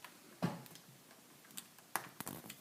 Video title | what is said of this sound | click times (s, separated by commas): Laptop screen replacement / How to replace laptop screen Sony Vaio PCG71613L, Product# VPCCB15FD | there it'll make a little click sound when it's engaged | 2.0 s